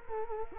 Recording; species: mosquito wingbeat signal from an infrared sensor; Culex quinquefasciatus